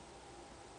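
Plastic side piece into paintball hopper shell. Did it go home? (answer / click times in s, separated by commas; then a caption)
no / none. A plastic side piece is rolled into position on an Empire Prophecy paintball hopper shell, heard as a steady, even broadband hiss with a faint rustle and no distinct impacts. Nothing has seated or clicked yet; the clip ends just before the piece snaps home.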